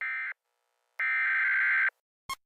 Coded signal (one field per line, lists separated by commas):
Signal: Emergency Alert System (SAME) tones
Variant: header bursts